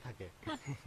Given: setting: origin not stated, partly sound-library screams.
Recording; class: one-second piece from a danger detection set; normal situation